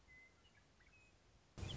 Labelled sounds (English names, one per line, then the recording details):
Western Meadowlark
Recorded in Sonoma County, California